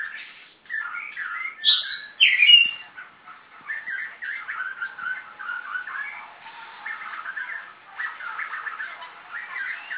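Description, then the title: Oriental Magpie-robin song with two loud whistled flourishes early on, followed by a steady, twittering medley of short varied phrases. "Kacer"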